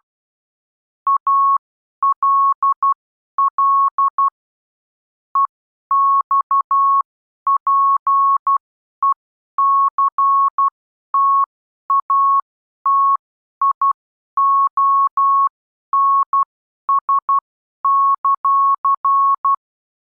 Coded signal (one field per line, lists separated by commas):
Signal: Morse code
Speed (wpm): 12 wpm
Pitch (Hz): 1100 Hz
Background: none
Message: ALL EXPECTATIONS;